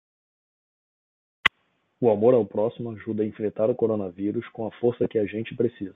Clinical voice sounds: spoken sentence; Brazilian Portuguese; male; 40 to 49 years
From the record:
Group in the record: control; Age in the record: 45 years

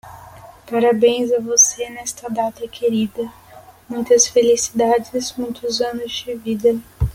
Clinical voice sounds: short text; Brazilian Portuguese; female; 18 to 19 years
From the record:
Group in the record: control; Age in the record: 19 years

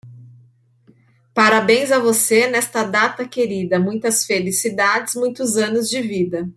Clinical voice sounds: short text; Brazilian Portuguese; female; 30 to 39 years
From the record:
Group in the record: control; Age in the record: 37 years

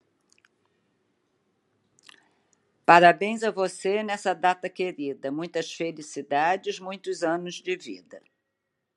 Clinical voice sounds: short text; Brazilian Portuguese; female; 70 to 79 years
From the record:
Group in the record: control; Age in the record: 72 years

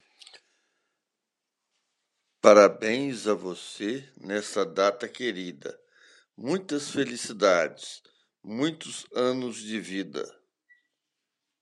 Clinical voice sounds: short text; Brazilian Portuguese; male; 60 to 69 years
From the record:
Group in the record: control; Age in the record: 69 years

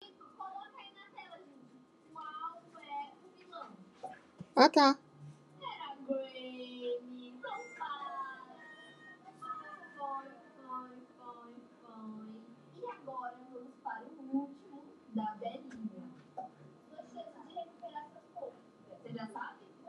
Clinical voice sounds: spoken sentence; Brazilian Portuguese; female; 50 to 59 years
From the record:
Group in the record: control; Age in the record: 58 years

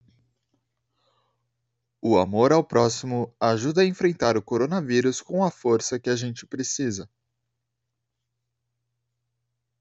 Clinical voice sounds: spoken sentence; Brazilian Portuguese; male; 20 to 29 years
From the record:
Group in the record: control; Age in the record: 27 years

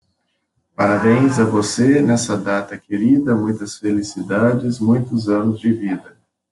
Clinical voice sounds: short text; Brazilian Portuguese; male; 20 to 29 years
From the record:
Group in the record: control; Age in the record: 24 years

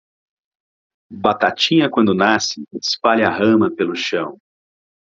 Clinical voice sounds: short text; Brazilian Portuguese; male; 30 to 39 years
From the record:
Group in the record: control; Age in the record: 39 years

